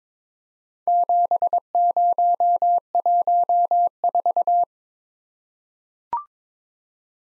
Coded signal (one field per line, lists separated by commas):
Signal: Morse code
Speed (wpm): 22 wpm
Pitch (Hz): 700 Hz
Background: none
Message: 7014